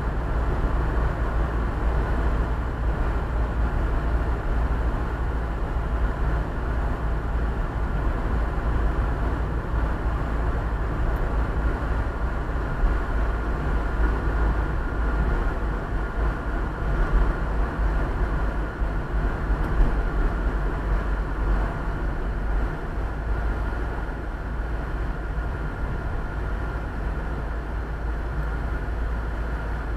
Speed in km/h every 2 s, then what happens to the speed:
56, 55, 55, 53, 54, 55, 54, 53, 51, 50, 48, 42, 37, 33, 27.
0-11 steady at about 55. 11-30 slows to 27.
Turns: none.